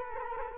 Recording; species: mosquito wingbeat signal from an infrared sensor; Culex quinquefasciatus